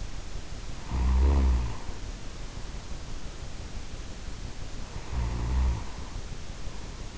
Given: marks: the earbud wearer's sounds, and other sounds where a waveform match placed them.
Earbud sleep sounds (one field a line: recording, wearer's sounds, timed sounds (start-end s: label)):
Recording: sounds in sleep by an in-ear microphone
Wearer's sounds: snoring breath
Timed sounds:
0.62-2.95 s: snoring breath
4.73-7.17 s: snoring breath